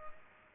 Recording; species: mosquito wingbeat signal from an infrared sensor; Culex pipiens